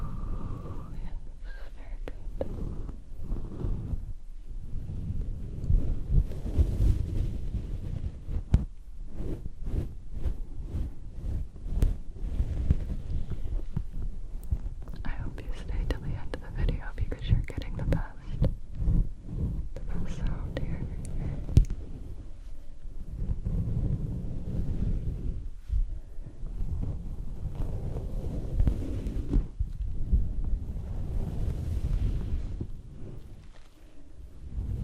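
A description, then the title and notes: Fuzzy microphone covers are cupped and rubbed, making a dense, muffled rumble with soft brushing and crackling that never lets up. Sharp scratchy ticks and rustles cluster around the middle, and the low fluffing continues steadily throughout. Cupping Fuzzy Mics.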